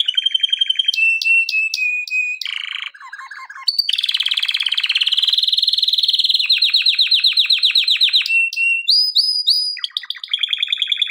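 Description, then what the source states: Canary song: continuous varied tours, high sharp notes, low throaty rattles, long rapid rolling trills and whistled upslurs, changing pattern every second or two without pause. Intended for training canaries.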